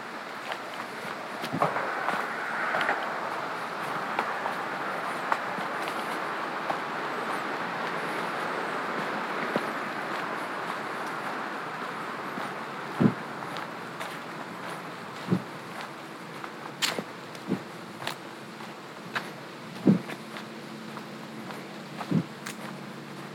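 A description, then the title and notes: Boots scuff and crunch on gravel in sharp, irregular steps, sparse at first and more frequent after about thirteen seconds. Underneath runs a steady, even hiss, like a low rushing wash or faraway traffic, that fades slightly toward the end. A Walk in the Woods.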